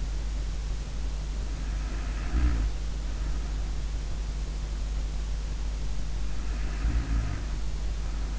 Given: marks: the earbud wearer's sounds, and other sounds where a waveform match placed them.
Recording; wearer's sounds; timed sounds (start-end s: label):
sounds in sleep by an in-ear microphone; snoring breath
1.35-3.93 s: snoring breath
6.03-8.38 s: snoring breath